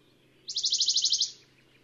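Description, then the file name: Western Bonelli's warbler trilling once: a quick, rattling string of many high, clipped notes delivered evenly over under a second, background quiet. "Pouillot de Bonelli"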